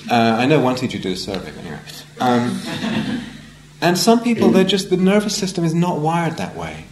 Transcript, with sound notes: I know one teacher did a survey, but anyway... [laughter] And some people, they're just, the nervous system is not wired that way.